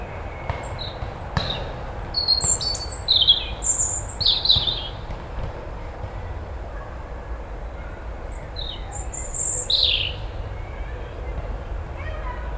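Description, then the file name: European robin song: two bursts of rapid, sharp high twittering phrases with a quiet gap between, over soft background noise. "Erithacus rubecula"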